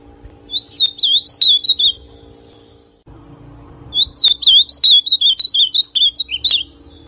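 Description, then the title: Ultramarine grosbeak giving a short warbled phrase, then after a pause a longer one of rapid whistled notes. Classic song style, original. "Azulão Canto Clássico Original"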